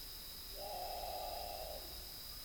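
Great potoo giving a single harsh, bawling growl lasting over a second, coarse and steady in pitch, with a constant high insect-like whine in the background.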